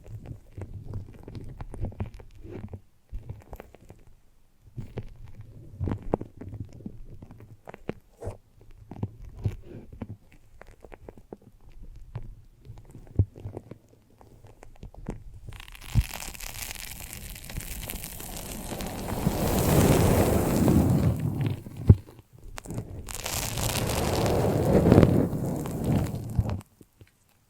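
Brain massage sounds of foam and sticky material: for the first fifteen seconds, soft low squelches and taps come in uneven clusters with short silences. After that a denser, bright fizzing crackle takes over in two long swells, cutting off just before the end.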